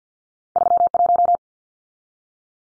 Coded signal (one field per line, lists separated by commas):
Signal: Morse code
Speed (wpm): 50 wpm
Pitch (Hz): 700 Hz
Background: none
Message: 31